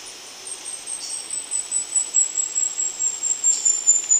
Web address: Natures Songs S America Birds of Ecuador Indigo Flowerpiercer